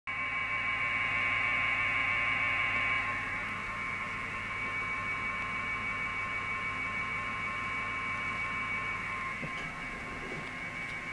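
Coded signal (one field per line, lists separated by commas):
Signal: modem data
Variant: 1200 baud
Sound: continuous rough two-tone data warble with hiss, steady for eleven seconds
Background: mains hum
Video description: 1200 baud RTTY via a Radiometrix LMT2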